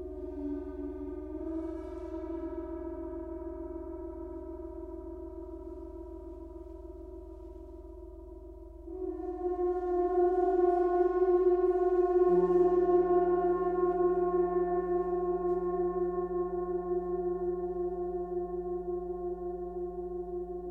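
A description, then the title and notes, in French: A gong bath: sustained humming tones layer over a low drone, swelling louder around nine seconds, with a deeper tone joining near twelve. Un bain de gong.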